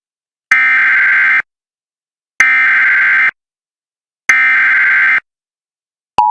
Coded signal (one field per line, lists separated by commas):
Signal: Emergency Alert System (SAME) tones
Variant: header bursts